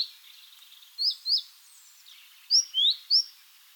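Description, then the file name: Great tit giving clear high-pitched double and triple notes, quick slurred chips. "Parus major"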